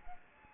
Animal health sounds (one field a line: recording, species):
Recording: mosquito wingbeat signal from an infrared sensor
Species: Anopheles gambiae